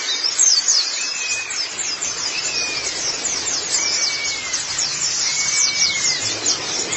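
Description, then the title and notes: White-eye song: a dense stream of rapid, high, thin twittering notes, with a few longer arching whistles slightly lower in pitch. "Suara kicauan burung pleci"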